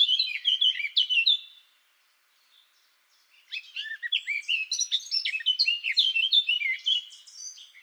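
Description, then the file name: Eurasian blackcap song: a rich, rapid warble, a brief pause of near silence, then a longer burst of varied scratchy and fluted notes. "Sylvia atricapilla"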